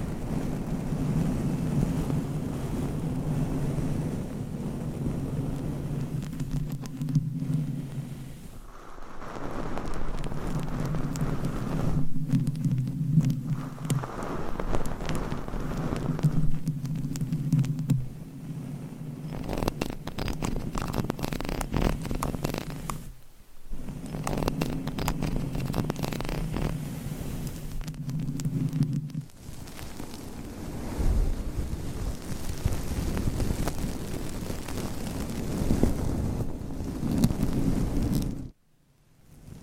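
Scratchy brushing and tapping on a microphone fills the recording, with dense rubbing noise and a low, warm rumble that comes in waves. Sharp brief gaps near 9, 23 and 38 seconds break the scraping, which otherwise continues steadily and loudly throughout.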